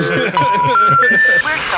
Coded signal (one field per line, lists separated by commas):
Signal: telephone call progress tone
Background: speech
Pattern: special information tone